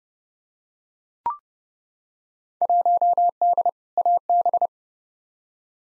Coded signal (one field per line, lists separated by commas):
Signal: Morse code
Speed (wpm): 30 wpm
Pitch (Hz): 700 Hz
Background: none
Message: 1D AB